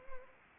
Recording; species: mosquito wingbeat signal from an infrared sensor; Anopheles arabiensis